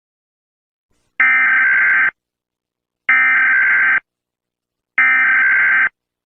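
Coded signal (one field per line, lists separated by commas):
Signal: Emergency Alert System (SAME) tones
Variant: header bursts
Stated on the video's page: Custom-made EAS alarm using CapCut text-to-speech.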